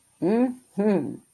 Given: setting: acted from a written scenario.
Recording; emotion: vocal sound without words; pride